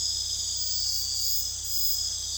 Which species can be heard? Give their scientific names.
none